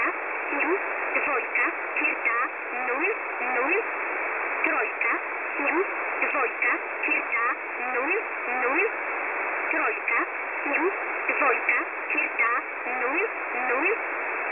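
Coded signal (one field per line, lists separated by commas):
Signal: numbers station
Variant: S11a, Polish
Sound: short spoken words at fairly even intervals, heard through heavy shortwave hiss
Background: radio static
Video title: S11a Cherta 15/07/2023 0830 UTC 5149kHz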